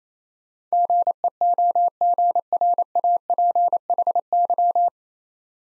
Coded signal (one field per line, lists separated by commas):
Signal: Morse code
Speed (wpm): 28 wpm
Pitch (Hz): 700 Hz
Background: none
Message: GEOGRAPHY